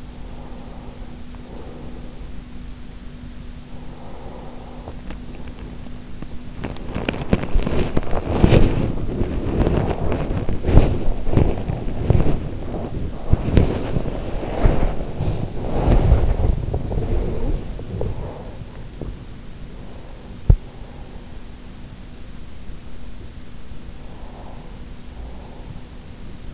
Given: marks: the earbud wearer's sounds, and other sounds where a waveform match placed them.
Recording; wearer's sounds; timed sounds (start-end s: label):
sounds in sleep by an in-ear microphone; breath, body movement
0.36-2.36 s: breath
3.36-5.36 s: breath
6.36-18.40 s: body movement
17.36-19.36 s: breath
19.61-21.79 s: breath
24.36-26.36 s: breath